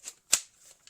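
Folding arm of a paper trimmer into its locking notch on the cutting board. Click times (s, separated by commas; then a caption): 0.3 s. The folding arm of a plastic paper-cutting board is closed and snapped into the small locking notch on the board. A soft tap at 0.1 s precedes a sharp snap at 0.3 s as the arm engages, followed by a faint rustle and a small tick near 0.9 s. The arm is seated in its notch.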